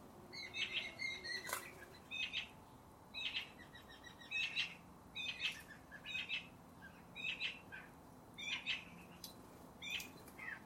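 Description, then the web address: Bird calls: many short, bright, high chirps in a fairly regular series, with a sharp click early on and soft background hiss. "cianscape birddata Deverinetal 2025"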